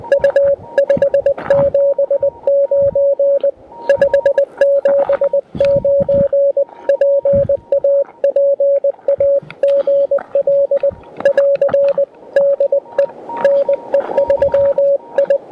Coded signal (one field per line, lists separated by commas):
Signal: Morse code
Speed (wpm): 20 wpm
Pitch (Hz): 530 Hz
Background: radio noise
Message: U 579 579 PAPA GL <AR> DE NE3I